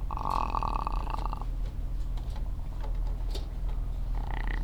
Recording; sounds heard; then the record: poultry house recording; sick chickens (respiratory disease)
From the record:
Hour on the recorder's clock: 14